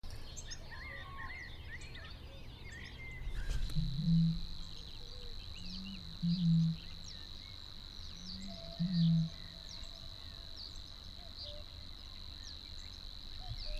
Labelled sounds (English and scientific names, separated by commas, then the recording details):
Great Bittern (Botaurus stellaris)
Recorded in the wild
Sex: male
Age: adult
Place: Hobrechtsfelder Rieselfelder, Naturpark Barnim, Berlin, DE
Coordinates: 52.6681, 13.4717
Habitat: pond
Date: 2008-04-27
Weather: wolkenlos, windstill, ca. 10°C
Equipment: Sound Devices 702, Sennheiser MKH 70, Windkorb
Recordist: Frommolt, Karl-Heinz
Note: Großer Reinigungsteich, mit Schilf bewachsenes Becken: Rufreihe einer Rohrdommel. Entfernung ca. 100 m. Tier nicht gesehen